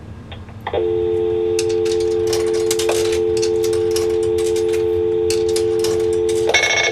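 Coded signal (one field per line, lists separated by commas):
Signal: telephone call progress tone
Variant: North America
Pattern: dial tone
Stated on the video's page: Tones from a Dial Tone First payphone controlled by an Allen Bradley PLC and Asterisk, including expanded inband ACTS tones on coin calls.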